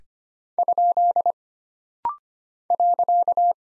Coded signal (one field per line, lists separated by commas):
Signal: Morse code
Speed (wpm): 25 wpm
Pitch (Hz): 700 Hz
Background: none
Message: ? .